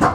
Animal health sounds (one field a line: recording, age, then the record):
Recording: pig call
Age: growing-finishing pig (85 days or more)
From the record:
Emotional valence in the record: positive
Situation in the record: run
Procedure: transit